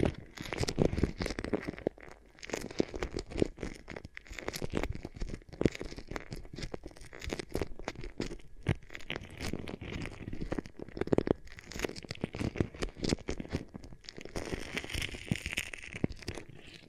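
Beeswax ear triggers: soft crinkling and sticky crunching sounds that press and pull in a dense, irregular stream without pause. Quick scratchy pops cluster throughout, with slightly brighter, airier rubbing in the last few seconds.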